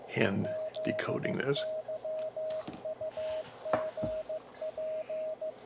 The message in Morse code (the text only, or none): ZYUGP